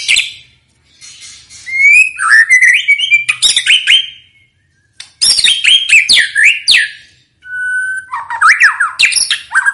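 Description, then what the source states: White-rumped shama song of rich slurred whistles, rapid chatters and twittering runs in several bursts with short silent breaks. Song used as a lure to make other birds respond; bird described as singing energetically and constantly.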